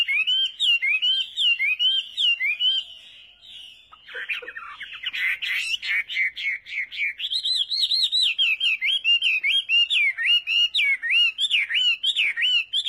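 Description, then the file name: Chinese hwamei in steady song, repeated looping whistles in quick succession, a short jumbled passage midway, then a long run of rapid rising-falling notes. "Tieng hoa mi hot"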